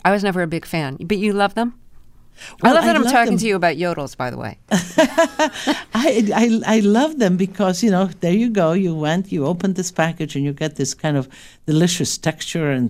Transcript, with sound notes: I was never a big fan, but you love them.
Well, I love them...
I love that I'm talking to you about Yodels, by the way.
(Laughter) I love them because, you know, there you go. You went, you opened this package. And you get this kind of delicious texture